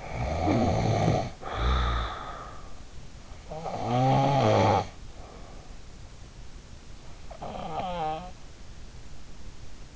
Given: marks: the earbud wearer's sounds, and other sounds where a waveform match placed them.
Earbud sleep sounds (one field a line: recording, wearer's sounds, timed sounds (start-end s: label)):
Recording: sounds in sleep by an in-ear microphone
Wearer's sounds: snoring breath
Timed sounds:
0.00-3.05 s: snoring breath
3.25-5.94 s: snoring breath
7.19-8.54 s: snoring breath